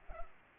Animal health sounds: mosquito wingbeat signal from an infrared sensor; Culex pipiens

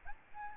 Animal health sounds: mosquito wingbeat signal from an infrared sensor; Aedes albopictus

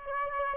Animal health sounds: mosquito wingbeat signal from an infrared sensor; Aedes aegypti

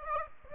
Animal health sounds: mosquito wingbeat signal from an infrared sensor; Aedes aegypti

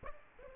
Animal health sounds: mosquito wingbeat signal from an infrared sensor; Aedes aegypti

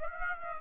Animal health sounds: mosquito wingbeat signal from an infrared sensor; Aedes aegypti

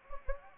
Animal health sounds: mosquito wingbeat signal from an infrared sensor; Anopheles gambiae

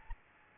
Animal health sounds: mosquito wingbeat signal from an infrared sensor; Aedes albopictus

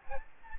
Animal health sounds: mosquito wingbeat signal from an infrared sensor; Aedes albopictus

